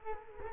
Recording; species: mosquito wingbeat signal from an infrared sensor; Culex quinquefasciatus